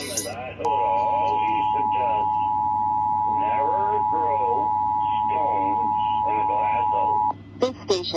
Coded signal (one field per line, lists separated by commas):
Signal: Emergency Alert System (SAME) tones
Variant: 853 and 960 Hz attention tone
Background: speech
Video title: EAS #958-959 IL RMT on WBEZ, WBEZ HD2